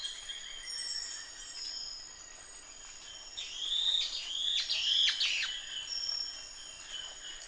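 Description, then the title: Fuscous flycatcher song: a short cluster of high, sweet, upslurred and downslurred notes midway through, over a steady hum of insects. Subspecies Cnemotriccus fuscatus duidae. "LuckyPassaro Completos2Sama. Fuscous Flycatcher (Cnemotriccus fuscatus duidae)"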